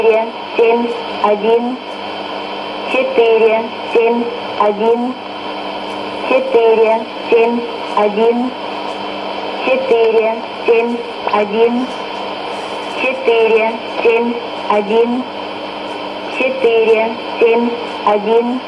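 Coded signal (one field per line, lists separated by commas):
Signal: numbers station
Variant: S06s, Russian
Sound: female voice repeating "семь, один, четыре" in regular groups, six times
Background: radio static, hum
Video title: 21 06 2017 Numbers station S06s Russian Lady in Russian to Eu 0820 on 9485 unknown tx site in CUSB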